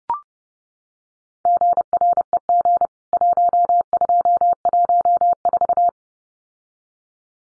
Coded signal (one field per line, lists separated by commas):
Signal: Morse code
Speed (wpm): 30 wpm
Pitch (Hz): 700 Hz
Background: none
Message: GREG 1214